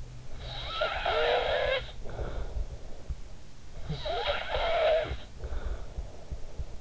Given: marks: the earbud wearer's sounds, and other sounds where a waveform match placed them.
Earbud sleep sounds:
sounds in sleep by an in-ear microphone; snoring breath
0.06-3.37 s: snoring breath
3.66-6.77 s: snoring breath

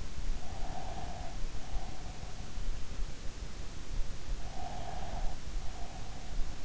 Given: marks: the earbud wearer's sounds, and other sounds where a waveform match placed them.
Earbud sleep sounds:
sounds in sleep by an in-ear microphone; breath
0.53-2.60 s: breath
4.48-6.65 s: breath

